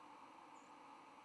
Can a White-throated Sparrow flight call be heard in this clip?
yes